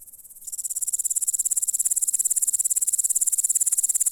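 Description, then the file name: Grasshopper stridulation, a high, evenly pulsed buzzing trill, faint at first, growing loud after half a second and running steadily to the end. "zvuki kuznechika"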